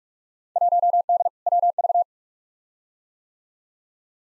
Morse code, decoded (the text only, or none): 1D WV